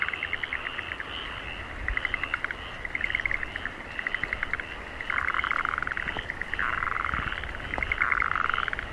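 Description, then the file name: Frogs calling in a dense chorus, rapid trains of clicking croaks repeated every second or so, overlapping callers with a steady buzzing background. Frogs in rice fields in Aomori, Japan. "ANIMAL FROGS AOMORI RICE FIELDS"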